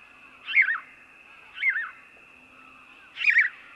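House sparrow chirps: three short, bright, warbling cheeps spaced one to two seconds apart, over a steady high-pitched whine.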